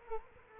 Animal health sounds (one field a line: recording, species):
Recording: mosquito wingbeat signal from an infrared sensor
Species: Culex quinquefasciatus